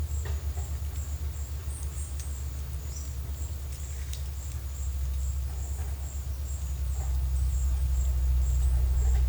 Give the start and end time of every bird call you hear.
[2.86, 3.46] bird call (4.9-6.8 kHz)

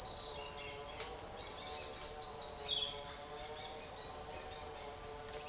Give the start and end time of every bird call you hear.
[0.36, 3.10] bird call (1.6-4.6 kHz)

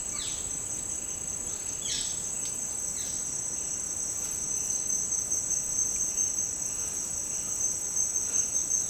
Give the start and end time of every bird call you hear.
[0.11, 3.12] bird call (1.0-6.3 kHz)
[8.05, 8.89] bird call (0.6-5.3 kHz)

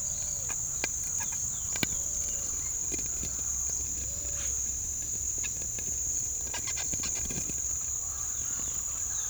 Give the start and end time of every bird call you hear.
[0.00, 2.18] bird call (2.5-5.4 kHz)

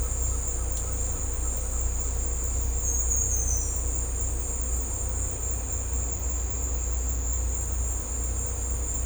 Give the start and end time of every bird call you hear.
[0.00, 1.87] bird call (0.8-1.9 kHz)

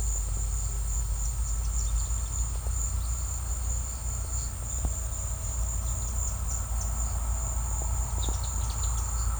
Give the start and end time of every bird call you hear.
[7.94, 9.39] bird call (3.0-6.2 kHz)

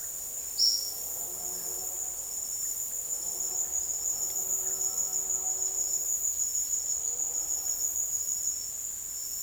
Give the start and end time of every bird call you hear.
[0.53, 0.95] bird call (3.8-6.2 kHz)

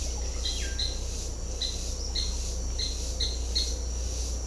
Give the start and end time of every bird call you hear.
[0.43, 0.92] bird call (1.0-4.4 kHz)
[1.61, 1.73] bird call (1.6-4.6 kHz)
[2.14, 2.28] bird call (1.5-5.2 kHz)
[2.77, 2.86] bird call (1.6-4.7 kHz)
[3.18, 3.66] bird call (1.5-4.9 kHz)

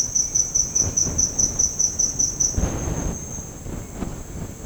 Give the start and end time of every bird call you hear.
[0.14, 1.14] bird call (1.8-3.3 kHz)
[3.12, 4.66] bird call (1.4-3.2 kHz)

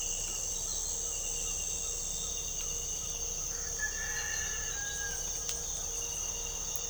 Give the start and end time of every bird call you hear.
[3.46, 5.16] bird call (1.2-2.1 kHz)

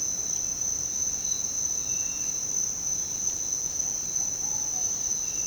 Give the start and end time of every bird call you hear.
[4.18, 4.91] bird call (0.5-1.3 kHz)

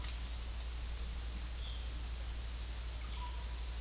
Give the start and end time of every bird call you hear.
[1.63, 2.02] bird call (2.2-4.1 kHz)
[3.02, 3.51] bird call (0.4-2.8 kHz)

